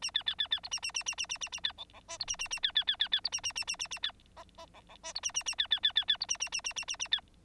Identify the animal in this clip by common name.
Bengalese Finch